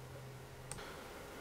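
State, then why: Seated. An ink line connector from a CISS bladder bag system is turned clockwise on the back port of an HP 950/951 ink cartridge, after being pressed in with its tabs vertical. A single short, sharp tick at 0.7 s rises over a low steady hum. The connector is locked into place.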